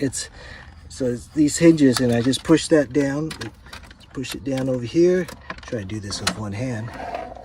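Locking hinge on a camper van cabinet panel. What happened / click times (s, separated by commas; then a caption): The hinge is handled but has not yet locked into place / none. Someone talks while pushing down a locking fold-down hinge on a camper van cabinet panel, trying to work it with one hand. Speech fills most of the clip, with light handling noise underneath. The panel has not yet swung or locked into place, and nothing has seated or clicked yet.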